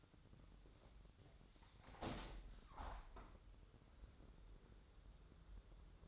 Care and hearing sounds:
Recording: daily activity, microphone in the room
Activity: open window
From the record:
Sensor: 3

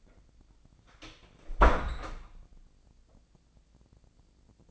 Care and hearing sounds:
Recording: daily activity, microphone in the room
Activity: close door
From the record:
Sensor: 5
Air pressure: 1009.3 hPa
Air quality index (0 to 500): 166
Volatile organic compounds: 2 ppm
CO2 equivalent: 1268 ppm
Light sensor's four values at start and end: 141/334/142/154 and 141/333/142/153

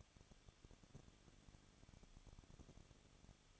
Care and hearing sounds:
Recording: daily activity, microphone in the room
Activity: no activity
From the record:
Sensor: 4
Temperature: 23.0 degrees Celsius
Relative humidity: 34.6%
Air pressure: 1007.3 hPa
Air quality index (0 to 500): 216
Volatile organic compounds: 15 ppm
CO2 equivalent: 2511 ppm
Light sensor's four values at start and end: 2/3/1/1 and 2/3/1/1

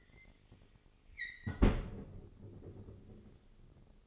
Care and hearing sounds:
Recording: daily activity, microphone in the room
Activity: close fridge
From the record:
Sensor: 4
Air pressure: 996.0 hPa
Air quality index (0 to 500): 64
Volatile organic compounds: 2 ppm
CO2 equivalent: 1146 ppm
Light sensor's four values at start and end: 14/39/15/17 and 15/40/15/17

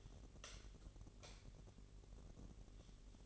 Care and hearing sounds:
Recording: daily activity, microphone in the room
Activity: light off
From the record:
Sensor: 4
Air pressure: 1012.7 hPa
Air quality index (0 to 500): 245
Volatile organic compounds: 4 ppm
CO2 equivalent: 1672 ppm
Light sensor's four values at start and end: 17/44/17/19 and 15/34/14/14

